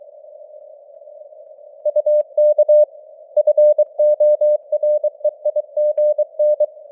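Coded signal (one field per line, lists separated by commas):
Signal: Morse code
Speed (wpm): 23 wpm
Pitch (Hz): 600 Hz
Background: none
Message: UK FOREIGN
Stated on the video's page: Morse news headlines at 23 wpm with simulated radio noise and varying signal strength (QSB).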